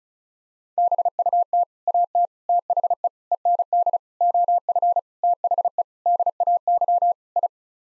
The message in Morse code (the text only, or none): BUT AT THE END OF THE DAY I